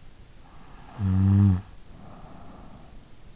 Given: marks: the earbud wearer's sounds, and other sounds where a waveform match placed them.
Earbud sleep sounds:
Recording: sounds in sleep by an in-ear microphone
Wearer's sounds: snoring breath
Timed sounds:
0.72-3.22 s: snoring breath

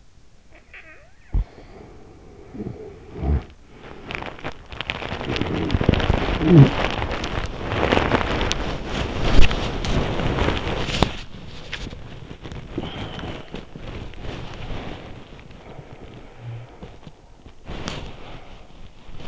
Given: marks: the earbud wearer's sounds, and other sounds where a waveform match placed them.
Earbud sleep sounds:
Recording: sounds in sleep by an in-ear microphone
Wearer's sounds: snoring breath, body movement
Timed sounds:
0.40-3.69 s: snoring breath
3.69-19.28 s: body movement

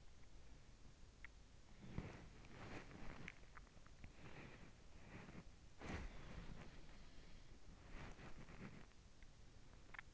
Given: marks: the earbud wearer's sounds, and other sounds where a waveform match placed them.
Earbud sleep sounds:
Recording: sounds in sleep by an in-ear microphone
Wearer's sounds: breath, body movement, swallowing, teeth grinding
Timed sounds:
0.20-1.26 s: breath
1.77-10.14 s: body movement
3.10-4.26 s: swallowing
9.83-10.14 s: teeth grinding

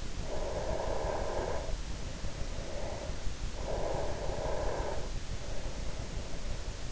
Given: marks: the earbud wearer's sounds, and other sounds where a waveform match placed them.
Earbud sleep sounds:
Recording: sounds in sleep by an in-ear microphone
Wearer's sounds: breath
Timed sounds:
0.07-3.29 s: breath
3.48-6.92 s: breath

